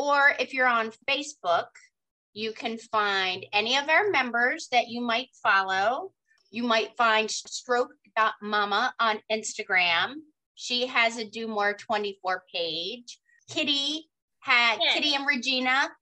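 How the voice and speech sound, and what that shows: An adult woman speaks fluently and clearly at a relaxed pace with short pauses, with ordinary voice quality and articulation.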